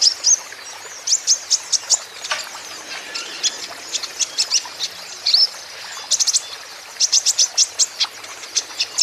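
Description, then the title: Van Hasselt's sunbird song: bursts of rapid, high, thin chipping notes separated by brief pauses, over a soft hiss. Young green-plumaged (konin ijoan) caged bird in energetic (gacor) song, used as a lure and therapy so untrained young (konin) birds surely answer. "KOLIBRI NINJA KONIN IJOAN GACOR COCOK UNTUK PANCINGAN TERAPI KONIN BAHAN PASTI NYAUT"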